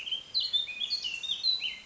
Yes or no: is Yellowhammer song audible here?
no